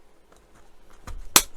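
A plastic support piece is pressed by hand onto the base structure of a model Dalek. Faint plastic contact ticks build up before one loud, sharp snap at 1.4 s, when the part clips in and is seated.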